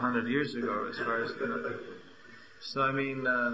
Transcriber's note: laughter